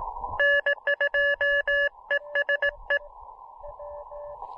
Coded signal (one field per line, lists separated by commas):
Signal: Morse code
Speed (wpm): 19 wpm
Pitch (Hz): 1700 Hz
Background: none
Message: N2ESE